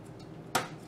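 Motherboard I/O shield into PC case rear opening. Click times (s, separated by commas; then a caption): 0.6 s. A metal motherboard I/O shield that comes with the motherboard is pressed into the rear opening of a Silverstone Raven RVZ01 Mini-ITX case with gentle pressure. It snaps in with a single sharp click at 0.6 s, and the shield is seated.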